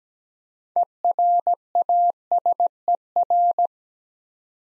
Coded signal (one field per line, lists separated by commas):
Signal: Morse code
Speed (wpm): 17 wpm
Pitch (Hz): 700 Hz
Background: none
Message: ERASER